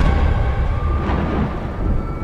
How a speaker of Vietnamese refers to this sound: Một tiếng sét vang rền khiến cả khung trời chao đảo.